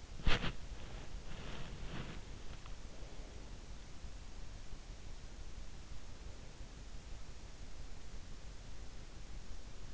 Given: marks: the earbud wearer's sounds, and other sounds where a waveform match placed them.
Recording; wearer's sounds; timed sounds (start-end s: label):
sounds in sleep by an in-ear microphone; body movement
0.00-2.27 s: body movement